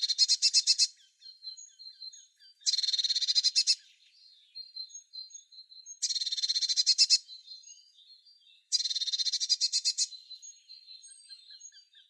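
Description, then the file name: Eurasian blue tit giving harsh, buzzy churring bursts of rapid pulses, each about a second long, repeated four times every two and a half to three and a half seconds, with soft thin notes between. "Cyanistes caeruleus"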